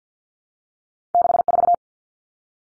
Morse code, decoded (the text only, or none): 64